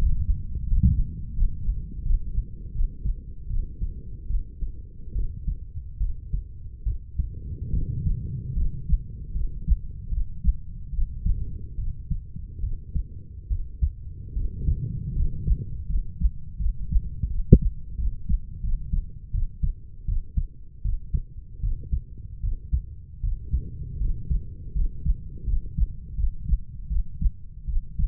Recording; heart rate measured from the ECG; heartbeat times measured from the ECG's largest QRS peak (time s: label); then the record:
heart sounds by stethoscope; 78 bpm
0.67 s: heartbeat
1.33 s: heartbeat
2.02 s: heartbeat
2.72 s: heartbeat
3.47 s: heartbeat
4.27 s: heartbeat
5.13 s: heartbeat
5.98 s: heartbeat
6.84 s: heartbeat
7.71 s: heartbeat
8.54 s: heartbeat
9.33 s: heartbeat
10.09 s: heartbeat
10.91 s: heartbeat
11.76 s: heartbeat
12.61 s: heartbeat
13.48 s: heartbeat
14.34 s: heartbeat
15.14 s: heartbeat
15.87 s: heartbeat
16.58 s: heartbeat
17.28 s: heartbeat
17.96 s: heartbeat
18.61 s: heartbeat
19.32 s: heartbeat
20.06 s: heartbeat
20.82 s: heartbeat
21.61 s: heartbeat
22.41 s: heartbeat
23.21 s: heartbeat
23.98 s: heartbeat
24.73 s: heartbeat
25.45 s: heartbeat
26.16 s: heartbeat
26.88 s: heartbeat
27.66 s: heartbeat
From the record:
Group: healthy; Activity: rest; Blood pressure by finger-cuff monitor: 119/47 mmHg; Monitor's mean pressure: 73 mmHg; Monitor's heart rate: 76 bpm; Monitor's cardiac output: 10.5 L/min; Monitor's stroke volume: 138 mL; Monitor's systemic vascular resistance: 480 dyn s/cm5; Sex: female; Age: 32 years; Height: 168 cm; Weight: 61.9 kg